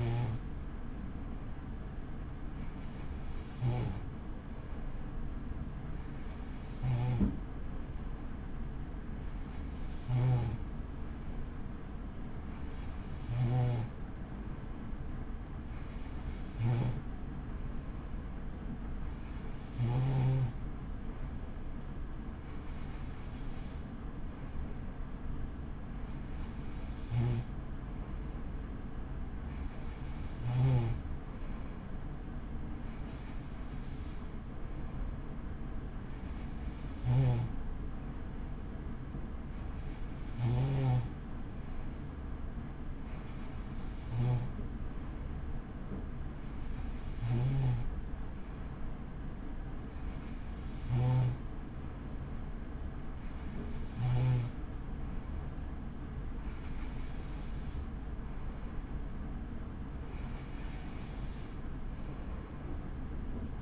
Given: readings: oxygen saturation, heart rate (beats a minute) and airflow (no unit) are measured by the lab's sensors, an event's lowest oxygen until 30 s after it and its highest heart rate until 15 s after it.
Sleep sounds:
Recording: breathing in sleep by a smartphone at the bedside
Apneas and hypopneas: none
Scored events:
none scored
From the record:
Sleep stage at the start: N3 (deep sleep)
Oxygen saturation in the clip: 93 to 94%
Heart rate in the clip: 36 to 63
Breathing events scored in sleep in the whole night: 83 in 6.1 hours asleep

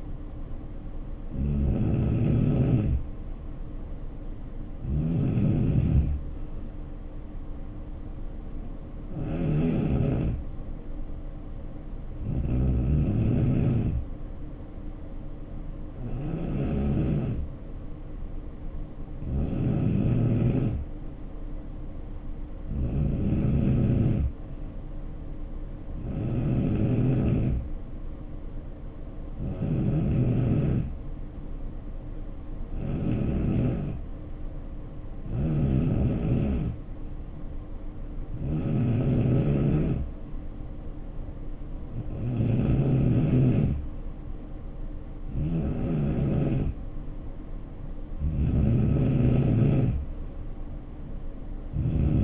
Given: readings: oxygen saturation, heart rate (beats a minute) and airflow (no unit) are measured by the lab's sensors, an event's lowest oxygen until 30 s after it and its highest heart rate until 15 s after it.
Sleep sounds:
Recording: breathing in sleep by a smartphone at the bedside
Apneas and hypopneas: 1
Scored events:
15.00-47.70 s: hypopnea (N3, oxygen 93% highest, then 89% lowest, heart rate 68 at the start, 74 highest)
30.00-52.24 s: new sleep stage, N2 (light sleep)
From the record:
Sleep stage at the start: N3 (deep sleep)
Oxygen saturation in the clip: 89 to 93%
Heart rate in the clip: 62 to 74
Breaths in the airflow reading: 15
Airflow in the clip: -5.8 to 4.2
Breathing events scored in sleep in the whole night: 520 in 7.2 hours asleep

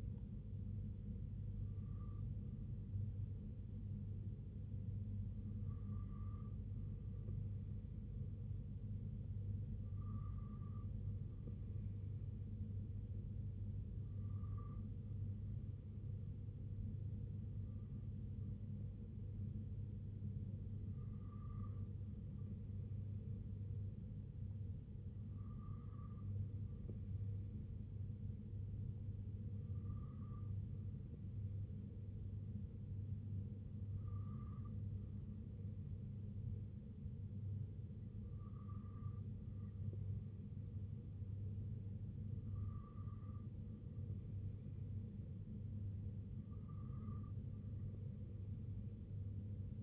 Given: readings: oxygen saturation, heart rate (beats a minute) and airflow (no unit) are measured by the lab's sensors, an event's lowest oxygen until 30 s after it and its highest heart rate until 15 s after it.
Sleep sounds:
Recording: breathing in sleep by a smartphone at the bedside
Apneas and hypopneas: none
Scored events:
none scored
From the record:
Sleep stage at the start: N2 (light sleep)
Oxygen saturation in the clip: 92 to 94%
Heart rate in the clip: 64 to 69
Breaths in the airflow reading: 10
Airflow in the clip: -3.1 to 1.7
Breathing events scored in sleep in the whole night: 258 in 7.4 hours asleep

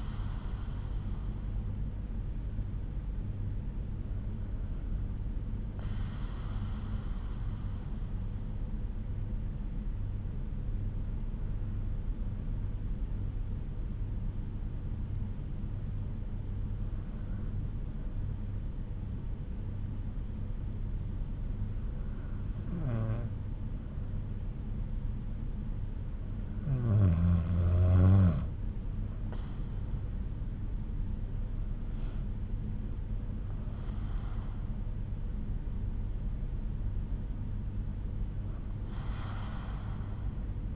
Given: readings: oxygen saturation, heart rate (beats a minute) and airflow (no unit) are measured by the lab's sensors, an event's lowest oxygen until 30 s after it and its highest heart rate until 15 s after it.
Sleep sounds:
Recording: breathing in sleep by a smartphone at the bedside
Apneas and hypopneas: 1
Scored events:
3.00-27.40 s: hypopnea (N2, oxygen 96% highest, then 93% lowest)
29.00-40.76 s: new sleep stage, N1 (lightest sleep)
From the record:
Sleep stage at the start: N2 (light sleep)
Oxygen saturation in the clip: 91 to 96%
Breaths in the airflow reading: 7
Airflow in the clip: -6.8 to 7.4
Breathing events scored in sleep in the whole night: 368 in 8.0 hours asleep

